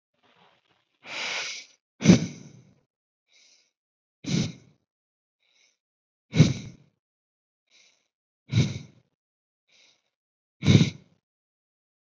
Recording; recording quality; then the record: shallow breathing; excellent, no background noise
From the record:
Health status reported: COVID-19 positive, no symptoms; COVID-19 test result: positive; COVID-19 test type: RT-PCR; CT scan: not taken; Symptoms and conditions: fatigue, muscle pain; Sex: male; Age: 23 years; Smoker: yes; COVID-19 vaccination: both doses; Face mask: not worn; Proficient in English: yes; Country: India